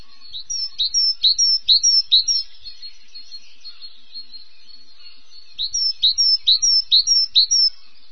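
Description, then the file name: Great tit repeating its ringing two-note phrase in quick succession, falling silent for about three seconds, then resuming with a shorter run of the same notes. "koolmees"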